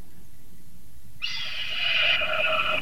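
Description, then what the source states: Red-tailed hawk scream: one long, hoarse, harsh cry of about one and a half seconds, held fairly level and running to the end. Played back on a radio show.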